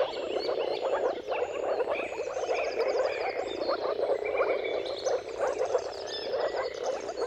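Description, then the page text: Moor frog chorus of many overlapping, soft, pulsed wooping calls forming an unbroken bubbling sound, with birds singing higher up. Chorus of mating calls of moor frogs at sunrise, at the turn of March and April depending on the weather, recorded by Jakub Orzecki. "Jakub-Orzecki moor frogs. Dawn’s Chorus: Mating Calls of Marsh Frogs at Sunrise. Depending on the weather at the turn of March and April, you can witness an amazing spectacle of moor frogs"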